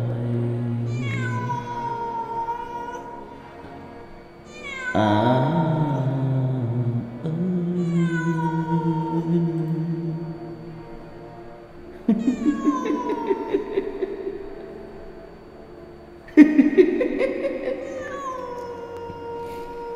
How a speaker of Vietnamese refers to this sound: Đâu đó tiếng mèo kêu, tiếng em bé khóc trong đêm, nghe cứ não nề vô cùng. Thỉnh thoảng người ta còn nghe cả tiếng người ru con, tiếng di dỉ khóc ai oán trong cái tiếng con mèo kêu lên thảm thiết.